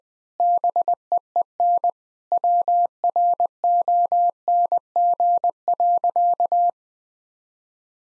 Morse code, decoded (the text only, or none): BEEN WRONG.